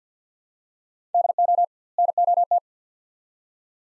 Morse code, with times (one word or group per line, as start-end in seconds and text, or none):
1.1-1.6 DO
2.0-2.6 NOT